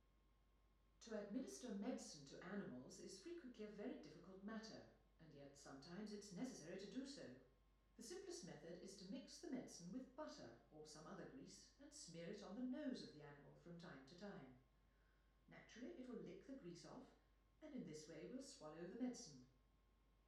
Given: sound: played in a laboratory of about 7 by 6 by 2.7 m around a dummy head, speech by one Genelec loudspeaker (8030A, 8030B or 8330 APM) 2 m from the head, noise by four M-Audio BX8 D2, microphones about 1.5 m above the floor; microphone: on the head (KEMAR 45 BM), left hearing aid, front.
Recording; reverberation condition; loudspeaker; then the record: female speech in English; medium; 150 degrees to the right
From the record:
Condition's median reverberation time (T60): about 510 ms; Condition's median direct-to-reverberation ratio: about -0.5 dB